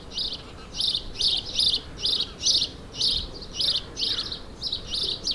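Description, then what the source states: Sparrow giving a run of bright, clipped chirps, about two or three each second. Several sparrows, suburban ambient, May 2022.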